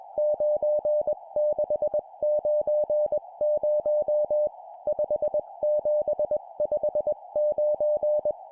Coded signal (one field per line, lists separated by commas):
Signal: Morse code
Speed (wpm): 21 wpm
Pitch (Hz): 600 Hz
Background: music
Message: 9690 5759